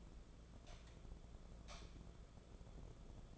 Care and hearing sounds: daily activity, microphone in the room; light on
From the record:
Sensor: 5

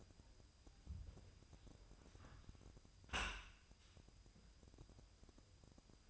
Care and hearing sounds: daily activity, microphone in the room; close dishwasher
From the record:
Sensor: 2

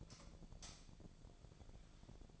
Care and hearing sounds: daily activity, microphone in the room; light off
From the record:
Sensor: 5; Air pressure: 1009.8 hPa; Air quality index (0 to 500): 159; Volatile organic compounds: 4 ppm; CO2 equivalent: 1552 ppm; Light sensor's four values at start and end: 154/393/164/175 and 153/391/163/174

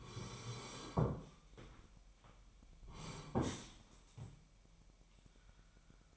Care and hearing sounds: daily activity, microphone in the room; sit down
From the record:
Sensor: 1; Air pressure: 998.6 hPa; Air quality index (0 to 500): 120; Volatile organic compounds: 3 ppm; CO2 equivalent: 1431 ppm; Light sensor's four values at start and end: 8/19/8/9 and 8/19/8/9

